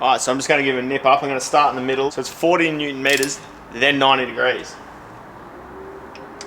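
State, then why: Torque reached. A cylinder head bolt on a Ford TX5 Turbo engine is tightened into the engine block with a click-type torque wrench set to 40 Nm, working from the middle outward, while someone talks. After the talking stops there is quiet ratcheting, then the wrench gives a short, sharp click at 6.4 s as it reaches its setting.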